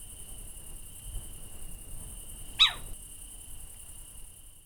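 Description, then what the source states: Little owl giving a single sharp call partway through, against a continuous high-pitched insect drone. Female.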